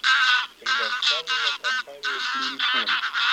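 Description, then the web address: Greylag goose: greylag geese flock honking, many loud overlapping nasal calls with lower cackling notes, continuous clamour. "Гусь серый базар Oche Selvatiche"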